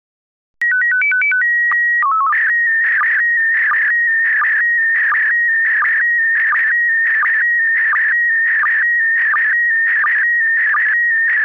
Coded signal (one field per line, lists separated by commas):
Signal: SSTV (slow-scan television)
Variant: PD 90